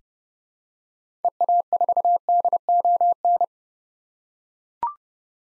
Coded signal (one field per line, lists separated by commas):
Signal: Morse code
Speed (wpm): 30 wpm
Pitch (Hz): 700 Hz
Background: none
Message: EA4DON